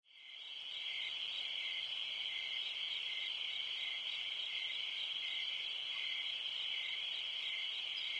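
Cricket: a steady, unbroken high-pitched chirring that fades in at the start and then holds constant throughout.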